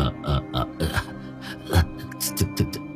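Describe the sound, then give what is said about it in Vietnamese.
A man makes a series of short, clipped hiccup-like gulps and catches of breath, with stammering vocal bursts in between, moderately loud with brief pauses. “gã nấc lên một cái, sau đó lắp bắp.”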